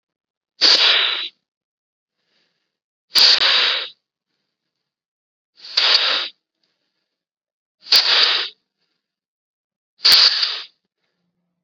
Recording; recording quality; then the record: deep breathing; excellent, no background noise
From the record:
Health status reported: COVID-19 positive, mild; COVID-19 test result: positive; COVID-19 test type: RT-PCR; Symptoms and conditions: sore throat, fatigue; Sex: male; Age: 39 years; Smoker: yes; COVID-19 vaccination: both doses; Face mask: worn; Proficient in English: yes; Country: India